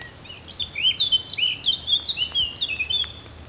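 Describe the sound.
Eurasian blackcap singing a rich, fast warble of fluty whistled notes, rising and falling in an unbroken run, over a low background rumble.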